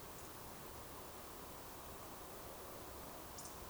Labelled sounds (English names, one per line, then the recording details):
Eurasian Woodcock whistle
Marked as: whistle, whistle
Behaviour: display flight
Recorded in Baden-Württemberg, Germany, on 12 June 2020 at 20:28 UTC
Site 43791, 788 m above sea level